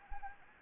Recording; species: mosquito wingbeat signal from an infrared sensor; Anopheles arabiensis